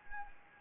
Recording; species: mosquito wingbeat signal from an infrared sensor; Anopheles arabiensis